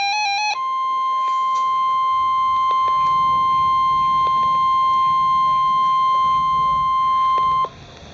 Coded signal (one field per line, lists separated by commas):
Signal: Emergency Alert System (SAME) tones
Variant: 1050 Hz attention tone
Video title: Real NOAA Weather Radio EAS Alert #330